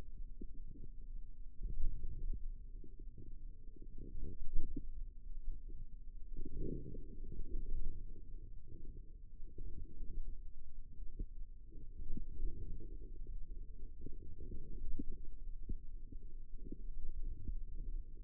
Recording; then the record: forearm muscle sounds (acoustic myography)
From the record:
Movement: hand opening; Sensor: system 2, bracelet of six BSWA MPA416 microphones around the upper forearm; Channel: 3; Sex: female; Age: 22 years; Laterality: right